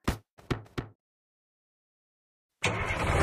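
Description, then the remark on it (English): Three sharp knocks in quick succession, a pause of silence, then the engine of a Halloween bus carrying passengers starts up with a broad, rough rumble that grows steadily louder. “Welcome aboard the Halloween bus.”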